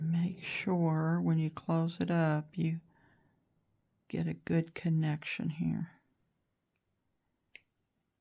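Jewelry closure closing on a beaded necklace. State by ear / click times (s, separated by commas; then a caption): seated / 7.6 s. A small metal jewelry clasp on a beaded necklace is closed to get a good connection, and it snaps in with one sharp click at 7.6 s, confirming it is seated right. Someone talks during the first six seconds, followed by near silence before the click.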